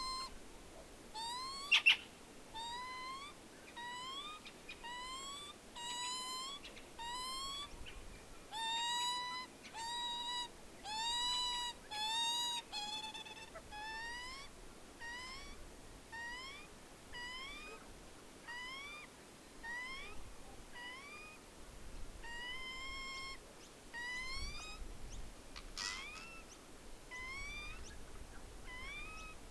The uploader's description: Recorded overnight in late 2020, featuring many bats, insects, a few nightjar, and some Wood Ducks.